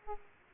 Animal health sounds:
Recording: mosquito wingbeat signal from an infrared sensor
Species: Aedes aegypti

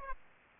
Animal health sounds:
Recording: mosquito wingbeat signal from an infrared sensor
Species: Aedes aegypti

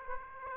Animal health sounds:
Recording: mosquito wingbeat signal from an infrared sensor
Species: Aedes aegypti

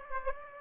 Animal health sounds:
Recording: mosquito wingbeat signal from an infrared sensor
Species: Aedes aegypti

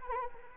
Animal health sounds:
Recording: mosquito wingbeat signal from an infrared sensor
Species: Anopheles arabiensis

